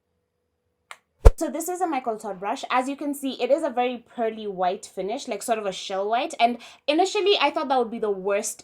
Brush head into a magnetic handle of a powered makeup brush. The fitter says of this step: You see, it just snaps right into place.